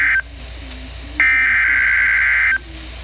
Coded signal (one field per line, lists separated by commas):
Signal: Emergency Alert System (SAME) tones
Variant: header bursts